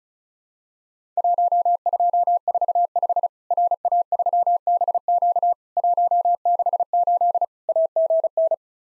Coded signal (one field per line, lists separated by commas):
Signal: Morse code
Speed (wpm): 34 wpm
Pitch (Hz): 700 Hz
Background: none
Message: 1245 RA3BQ 168 AGN